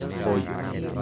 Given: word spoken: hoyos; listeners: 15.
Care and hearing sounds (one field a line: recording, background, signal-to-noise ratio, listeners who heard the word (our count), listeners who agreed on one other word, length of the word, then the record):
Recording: one Spanish word in noise, from a listening test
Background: eight-talker babble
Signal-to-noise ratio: -0.1 dB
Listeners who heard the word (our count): 1 of 15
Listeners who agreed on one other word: 9 of 15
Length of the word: 0.62 s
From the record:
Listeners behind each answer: 9, 2, 1, 1, 1, 1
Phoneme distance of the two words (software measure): 7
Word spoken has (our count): 2 syllables, 4 phonemes, stress on syllable 1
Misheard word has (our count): 2 syllables, 5 phonemes, stress on syllable 1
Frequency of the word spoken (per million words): 6.03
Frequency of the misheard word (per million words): 4.01